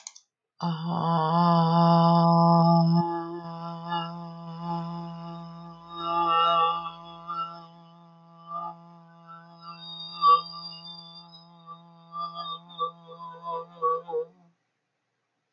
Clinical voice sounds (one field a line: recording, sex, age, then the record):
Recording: vowel held as long as possible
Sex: female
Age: 40 to 49 years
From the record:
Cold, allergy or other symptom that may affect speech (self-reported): no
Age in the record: 42 years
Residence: New York, United States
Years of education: 24